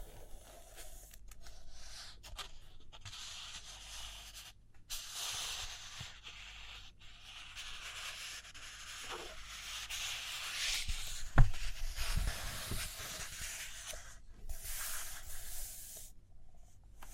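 Soft papery rustling and page turns run throughout, with light scratchy writing strokes, brief silent gaps, and a sharp tap near eleven seconds.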